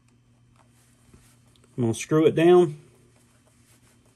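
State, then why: Not seated. The screw and nut of a quick release handle on an Ocean Reef full face dive mask are lined up before tightening: the nut sits in its slot at the back of the handle mount, held on both sides with the fingers, while a screwdriver is picked up and set to the screw. Faint handling ticks come at about 0.1, 0.6 and 1.6 seconds, and someone talks from about 1.8 to 2.7 seconds. Nothing has seated or clicked yet.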